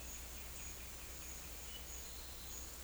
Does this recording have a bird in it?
no